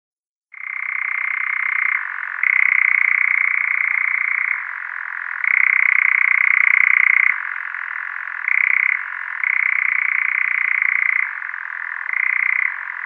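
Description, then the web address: European nightjar churring song: a sustained mechanical trill alternating between louder higher-pitched stretches and softer lower-pitched ones, with no background sounds. Male European nightjar giving its display song. "Schulze Peter Eurasian Nightjar male display"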